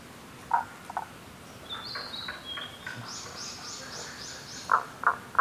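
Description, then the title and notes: Tago's brown frog croaking in short low notes, two early on and a quick run of three at the end, while birds give high whistles and a fast trill. Subspecies Rana tagoi tagoi; Kasugayama primeval forest, Nara, Japan; recorded 21 May 2017. "170521Rana tagoi tagoi in Kasugayama primeval forest by ototamari"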